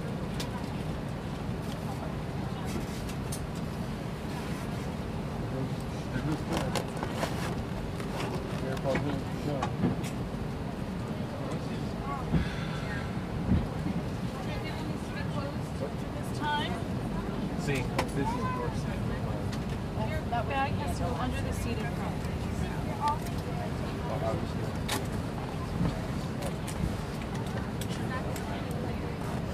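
Airplane cabin noise during a flight: a steady, dense low roar that holds level for the whole stretch. Murmured voices drift through the drone, with scattered clicks and light clatters, especially from about 6 to 8 seconds and again from 19 to 24.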